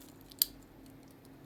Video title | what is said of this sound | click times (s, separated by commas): Automatic Festina watch unboxing and How to use instructions | just push it and then you can yeah click and that's it | 0.4 s